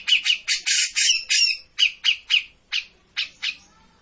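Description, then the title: Grey-cheeked bulbul giving a few harsh, squawky notes, then several short sharp calls spaced apart. Bird-training master (masteran) of a cucak jenggot singing continuously (gacor). "Cucak Jenggot Gacor. Masteran burung cucak jenggot ! Suaka burung"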